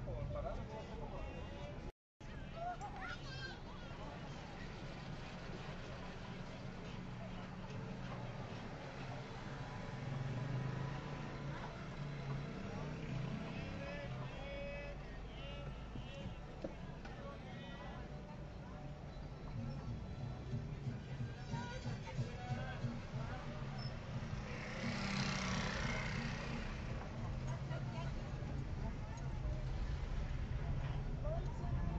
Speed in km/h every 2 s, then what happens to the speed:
5, 2, 0, 0, 0, 0, 0, 0, 0, 4, 9, 6, 6, 8, 8, 9.
2-17 standing. 17-19 pulls away to 9. 19-32 steady at about 8.